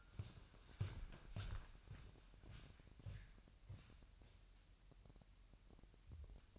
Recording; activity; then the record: daily activity, microphone in the room; walk to room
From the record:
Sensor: 2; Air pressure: 1001.9 hPa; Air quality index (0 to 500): 249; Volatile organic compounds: 37 ppm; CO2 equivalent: 3102 ppm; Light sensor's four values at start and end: 4/10/4/4 and 5/12/5/5